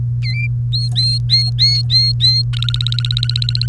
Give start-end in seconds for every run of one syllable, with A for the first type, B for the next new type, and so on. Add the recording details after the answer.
0.22-0.47 A, 0.72-2.42 B, 2.53-3.68 C. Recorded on 3 May 2018 at 06:28. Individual llb3